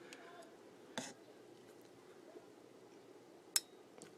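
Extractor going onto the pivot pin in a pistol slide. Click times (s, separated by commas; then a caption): 3.6 s. The extractor of a Walther P99 pistol slide is wiggled into place while its spring-loaded locking block is held up with a thumb, with a few faint ticks and a small knock near 1.0 s. At 3.6 s a sharp, bright click is heard as the pivot pin passes through the extractor's loop and the extractor seats.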